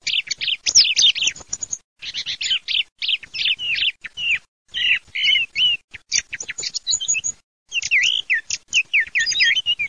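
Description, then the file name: Thrush song, a rapid run of varied whistled and chirping phrases, some warbled and looping, delivered in bursts separated by brief pauses. "TORDO"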